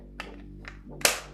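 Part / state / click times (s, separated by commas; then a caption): aramid fiber phone case off smartphone / released / 1.1 s. A snug-fitting Thineborne aramid fiber case is pushed off a Google Pixel 8 Pro smartphone at the slit in its bottom corner. Two lighter clicks at about 0.2 and 0.7 s lead up to a sharp, loud snap at 1.1 s as the case pops off at the corner, over a steady low background hum.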